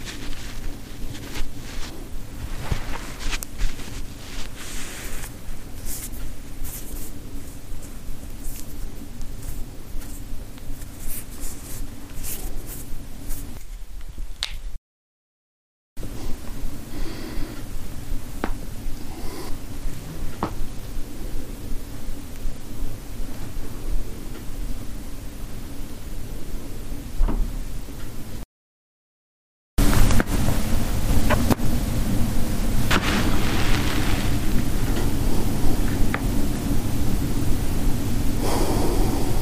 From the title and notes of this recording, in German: Knochen Gelenke knacksen/knacken.